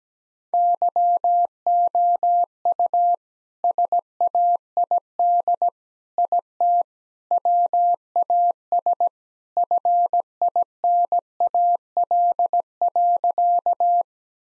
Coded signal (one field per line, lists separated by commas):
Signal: Morse code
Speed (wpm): 17 wpm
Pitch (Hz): 700 Hz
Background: none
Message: YOU SAID IT WAS FINAL.